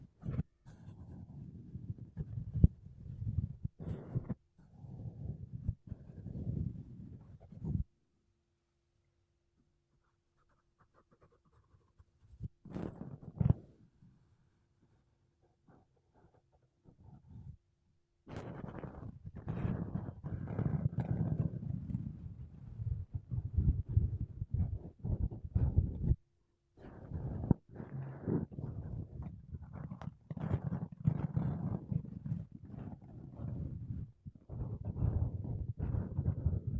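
Makeup brushes and a sponge are rubbed over a microphone in soft, dense bursts of low scratchy brushing. Passages run several seconds each, with a near-silent gap from about 8 to 18 seconds broken by a brief swipe near 13 seconds, then steadier brushing continues to the end.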